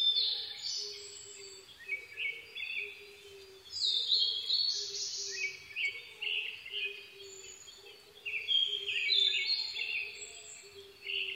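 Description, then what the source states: Blue-and-white flycatcher song, repeated phrases of high sweet whistles and buzzy notes every couple of seconds, over a steady series of low soft notes from another bird. Recorded 22 May 2011 at 04:34.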